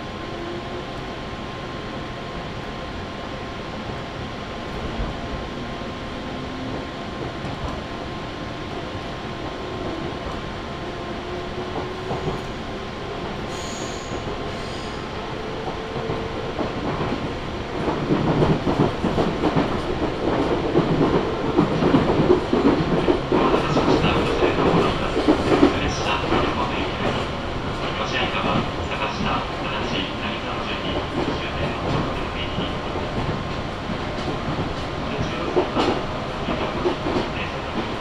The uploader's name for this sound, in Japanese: 中央西線 普通 中津川→十二兼